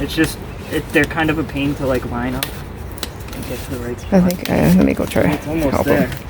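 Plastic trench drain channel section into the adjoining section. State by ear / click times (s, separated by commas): not seated / none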